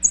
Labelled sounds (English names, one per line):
American Redstart flight call